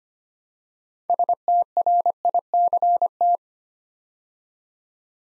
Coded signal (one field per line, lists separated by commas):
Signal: Morse code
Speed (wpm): 25 wpm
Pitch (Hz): 700 Hz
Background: none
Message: STRICT